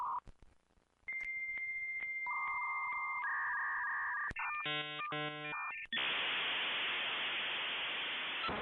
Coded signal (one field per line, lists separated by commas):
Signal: dial-up modem handshake